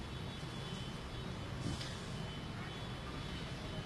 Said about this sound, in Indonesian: itu mobilnya siapa tuh?